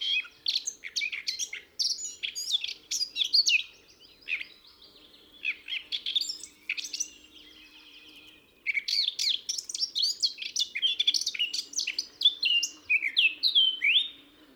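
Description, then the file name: Eurasian blackcap singing rich, fast warbling phrases of varied chirps and whistles in bursts, with a brief pause midway and a steady low hum underneath. "Sylvia atricapilla"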